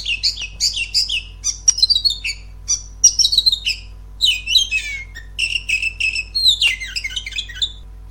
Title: Spesial Masteran Terapi Kacer Bakalan Masteran Terapi Kacer Bisu